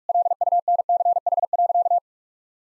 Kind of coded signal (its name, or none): Morse code